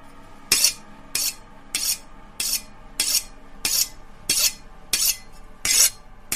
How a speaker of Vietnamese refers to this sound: đưa lên lưỡi rồi bắt đầu quẹt qua quẹt lại, y như kiểu là mấy ông thợ cắt tóc, ông mài dao lam để cạo râu ấy. Kỳ lạ, rõ ràng là tiếng mài dao mài lên lưỡi mà lại nghe cứ như là tiếng dao mài lên cái hòn đá mài, nghe đến giận cả người.